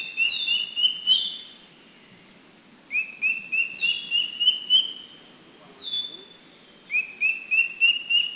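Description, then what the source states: Philippine drongo-cuckoo whistling ascending series of evenly spaced notes, repeated several times, with higher descending whistles overlapping. Recorded at Makiling, Philippines, in 2010.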